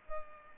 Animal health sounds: mosquito wingbeat signal from an infrared sensor; Culex pipiens

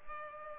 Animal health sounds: mosquito wingbeat signal from an infrared sensor; Culex pipiens

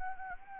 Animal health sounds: mosquito wingbeat signal from an infrared sensor; Anopheles arabiensis

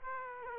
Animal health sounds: mosquito wingbeat signal from an infrared sensor; Aedes aegypti

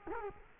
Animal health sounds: mosquito wingbeat signal from an infrared sensor; Culex quinquefasciatus

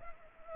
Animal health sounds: mosquito wingbeat signal from an infrared sensor; Culex pipiens

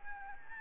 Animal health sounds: mosquito wingbeat signal from an infrared sensor; Anopheles gambiae

